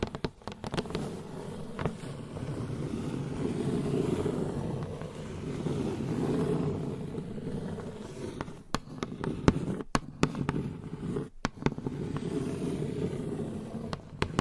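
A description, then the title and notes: Long nails scratch steadily across a hollow box, making a dense, hollow rustle that swells and fades in slow waves. Sharp taps cut in often, clustering near the start and again after the eighth second, with two brief silences around ten and eleven seconds. Tapping & Scratching on Hollow Boxes with Long Nails. No Talking.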